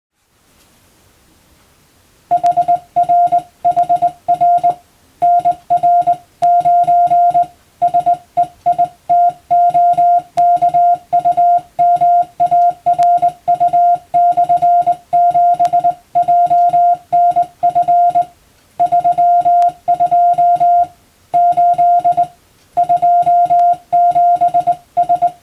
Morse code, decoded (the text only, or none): HRHR NR9 SEITOKUMARU/7JNF 32 8 27S